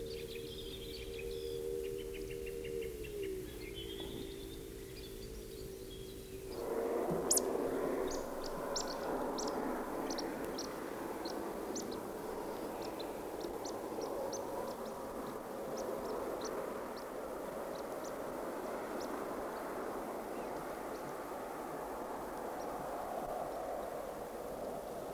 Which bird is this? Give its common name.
Eurasian Woodcock